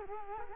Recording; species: mosquito wingbeat signal from an infrared sensor; Culex quinquefasciatus